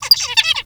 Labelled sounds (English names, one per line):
Zebra Finch song